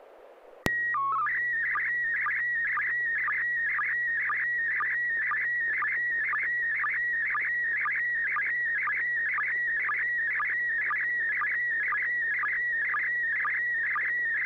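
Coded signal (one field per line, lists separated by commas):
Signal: SSTV (slow-scan television)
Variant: PD 120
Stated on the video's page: SSTV images sent with MMSSTV on a weekly SSTV net via an FM repeater on 441.300 MHz, Sacramento, CA.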